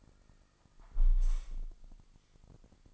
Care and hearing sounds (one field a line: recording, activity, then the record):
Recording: daily activity, microphone in the room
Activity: close window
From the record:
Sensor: 5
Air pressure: 1004.7 hPa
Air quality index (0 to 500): 81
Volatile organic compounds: 1 ppm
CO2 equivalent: 972 ppm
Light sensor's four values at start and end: 34/79/32/31 and 34/79/32/31